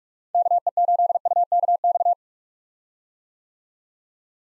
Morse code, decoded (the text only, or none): KE8UKX